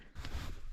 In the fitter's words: so let's go test that the connector just clicks into place like this